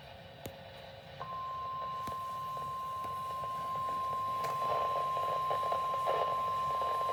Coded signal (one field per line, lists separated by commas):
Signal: Emergency Alert System (SAME) tones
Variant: 1050 Hz attention tone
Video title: 1/9/26 Severe Thunderstorm Warning for Chambers, Liberty, and Harris Counties (EAS #19)